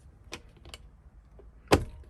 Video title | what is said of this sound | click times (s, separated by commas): VIP Smart Wheel Clock Spring Replacement | go in the back here the little click and in the front and you got to hear my horn | 0.3 s, 1.7 s